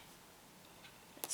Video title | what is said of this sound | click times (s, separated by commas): WIP Tea & Talk Jo Wall Mystery DP Part 1 | that okay and you hear it snap and it's in oop | 1.2 s